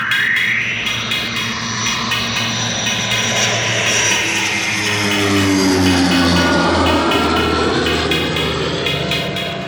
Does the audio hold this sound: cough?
no